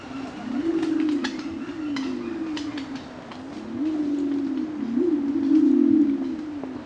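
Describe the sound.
Pied imperial pigeon giving low continuous moaning coos that waver up and down, with faint high insect or bird ticks behind.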